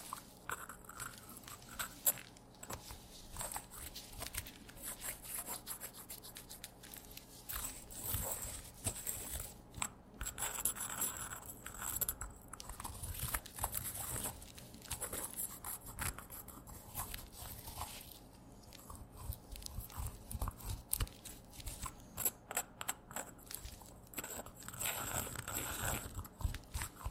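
Squeaky leather rubs and creaks in a continuous, busy stream of short, rough squeaks and scrapes, with no real pauses across the whole stretch. Sharper bright crackles burst through now and then, around ten seconds and again late on, over a faint low hum.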